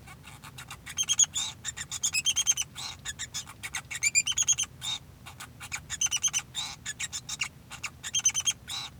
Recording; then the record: song of a male Bengalese finch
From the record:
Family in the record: son of father 2